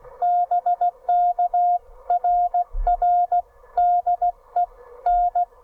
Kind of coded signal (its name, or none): Morse code